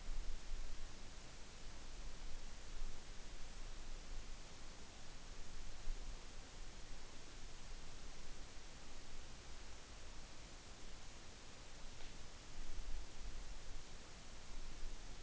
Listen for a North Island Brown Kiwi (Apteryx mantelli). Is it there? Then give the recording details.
no. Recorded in New Zealand on 8 June 2014. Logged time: 02:19